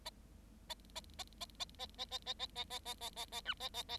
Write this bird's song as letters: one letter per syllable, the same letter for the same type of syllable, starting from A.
A A A A A A A A A A A A A A A A B A A A